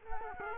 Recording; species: mosquito wingbeat signal from an infrared sensor; Culex quinquefasciatus